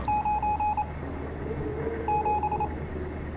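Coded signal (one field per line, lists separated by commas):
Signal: Morse code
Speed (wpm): 28 wpm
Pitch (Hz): 840 Hz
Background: none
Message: 9 7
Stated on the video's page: Part of the game Stories Untold.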